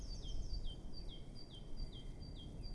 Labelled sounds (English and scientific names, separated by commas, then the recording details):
Great Tit (Parus major)
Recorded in Germany
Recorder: ecoPi